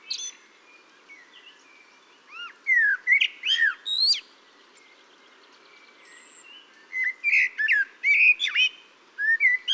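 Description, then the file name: Common blackbird delivering a run of varied, slurred whistles and thin high twitters in two busy bursts split by a quiet stretch. "Turdus merula"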